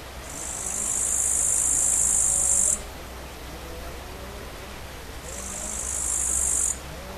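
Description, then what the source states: Bush cricket song: two sustained, very high hissing buzzes, the first about two and a half seconds and the second about one and a half, separated by a quiet pause with faint background hum. Recorded 5 August 2013 on a portable MiniDisc recorder (MZ-N710).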